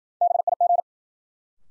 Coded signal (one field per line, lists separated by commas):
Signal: Morse code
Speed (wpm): 53 wpm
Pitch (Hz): 700 Hz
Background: none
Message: BIG